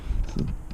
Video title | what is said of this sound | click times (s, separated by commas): Swift Sport Gets a few New Mods! | just like that and there you go that is locked into place | 0.4 s